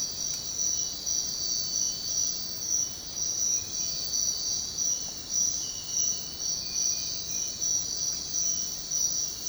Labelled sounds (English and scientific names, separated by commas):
none